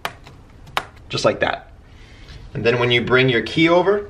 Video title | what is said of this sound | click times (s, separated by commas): How To Fix Key for Dell Laptop - Replace Keyboard Key Letter Number Arrow Small Key | when that's pretty well censored I'm just gonna push in on the top corners and those should just snap in place just like | 0.0 s, 0.8 s